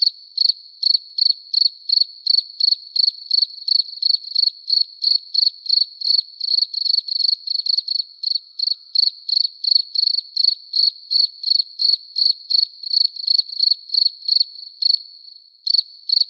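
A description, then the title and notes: A single cricket chirps in a fast, steady rhythm, each bright high pulse evenly spaced against an otherwise silent night, briefly pausing near the end. Hear the Crickets of the Night.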